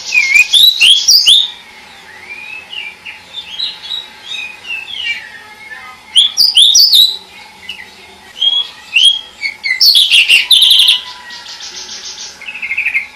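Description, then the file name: Oriental magpie-robin song of varied whistled phrases: sweeping notes, slurred chirps and short trills, given in bursts separated by brief quiet gaps. "tienghotchichchoedat"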